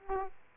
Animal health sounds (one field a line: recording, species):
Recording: mosquito wingbeat signal from an infrared sensor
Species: Aedes aegypti